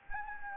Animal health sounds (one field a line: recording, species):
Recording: mosquito wingbeat signal from an infrared sensor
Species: Anopheles gambiae